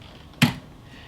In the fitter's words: you have to wait until you hear it snap, and you got to pull it strong towards you.